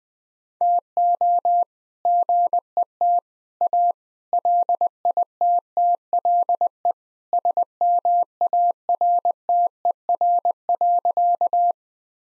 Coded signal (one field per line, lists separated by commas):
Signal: Morse code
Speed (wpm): 20 wpm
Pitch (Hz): 700 Hz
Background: none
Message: TO GET A LITTLE SMARTER.